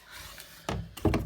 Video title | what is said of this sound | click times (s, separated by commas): Tumble dryer belt, guide wheel repair, Hotpoint | then it just kind of locks in place there you just push it down and | 0.7 s, 1.1 s